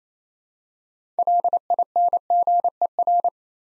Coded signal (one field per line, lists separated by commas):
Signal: Morse code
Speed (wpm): 27 wpm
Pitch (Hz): 700 Hz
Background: none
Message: LINGER